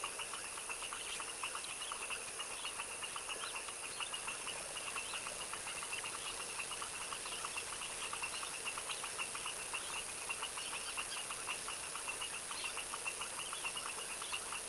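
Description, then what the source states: Foaming frog chorus: dense, continuous rapid clicking and ticking notes from many frogs, steady throughout with a high constant hiss above. Tropical wetland swamp in the evening at dusk; a chorus of frogs.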